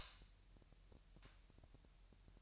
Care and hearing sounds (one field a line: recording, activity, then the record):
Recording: daily activity, microphone in the room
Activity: light off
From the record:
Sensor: 2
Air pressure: 1001.8 hPa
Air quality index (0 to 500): 238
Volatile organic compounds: 30 ppm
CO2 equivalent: 2948 ppm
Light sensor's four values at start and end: 9/24/10/10 and 4/10/4/4